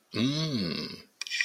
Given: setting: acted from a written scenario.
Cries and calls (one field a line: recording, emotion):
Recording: vocal sound without words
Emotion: desire